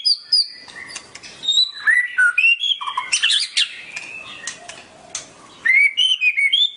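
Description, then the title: Oriental magpie-robin song of clear, slurred whistles and brief chirps, rising and falling notes spaced out, ending in a quick series of bright whistled notes. "Kicau Kacer"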